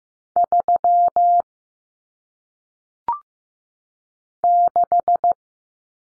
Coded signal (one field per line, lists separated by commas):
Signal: Morse code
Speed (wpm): 15 wpm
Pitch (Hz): 700 Hz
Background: none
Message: 3 6